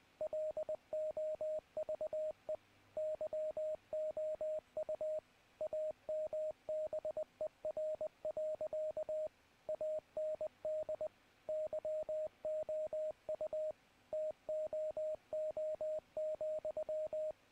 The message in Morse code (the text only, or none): LOVE YOU AMBER. AND YOU TOO,